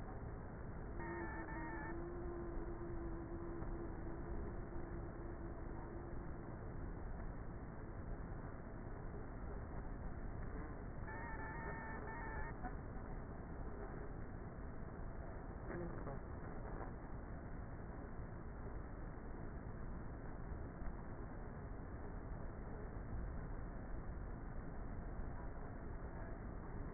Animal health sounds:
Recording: honeybee colony, microphone inside the hive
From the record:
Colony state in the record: queenless with a low population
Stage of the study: before two queens were removed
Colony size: about 30,000 bees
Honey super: no

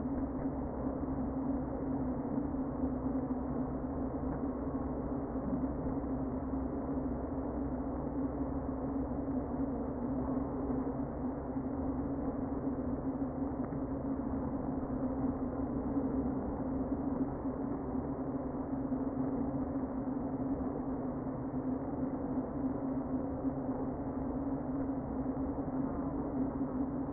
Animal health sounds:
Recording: honeybee colony, microphone inside the hive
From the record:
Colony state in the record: queen present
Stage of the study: before two queens were removed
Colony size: about 60,000 bees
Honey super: yes

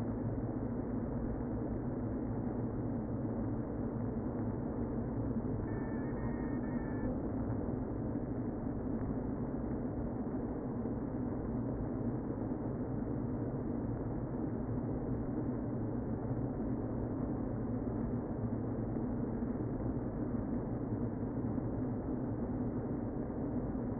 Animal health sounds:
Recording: honeybee colony, microphone inside the hive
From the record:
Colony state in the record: queen present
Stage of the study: before two queens were removed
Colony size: about 60,000 bees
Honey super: yes

